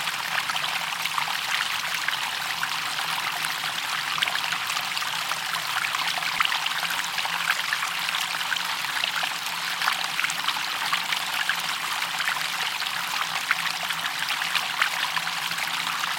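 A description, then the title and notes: Water swishes and rushes steadily for the whole stretch, a dense, hissing wash that stays bright and even with no breaks. Fine splashy crackle runs through it, and a faint low hum sits underneath. Water Swishes.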